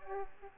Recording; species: mosquito wingbeat signal from an infrared sensor; Aedes aegypti